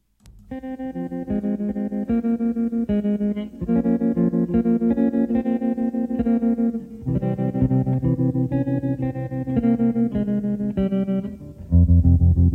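An instrumental passage from a pop song: effect-laden, wavering guitar chords ring out in sustained phrases at a steady moderate level, with a deeper swell near the end and no singing yet.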